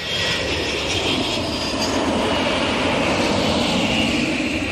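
A steady, loud roar of an airplane engine fills the whole stretch, a broad constant drone with a hissing upper layer and no speech over it.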